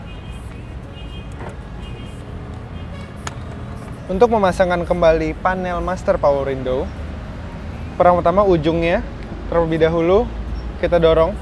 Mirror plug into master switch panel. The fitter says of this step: dorong hingga terdengar bunyi klik.